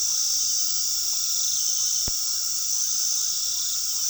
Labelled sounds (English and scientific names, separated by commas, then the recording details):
none
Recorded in pastures near Puerto Asís, Putumayo, Colombia, on 19 February 2024 at 21:00
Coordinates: 0.468, -76.328
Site G6414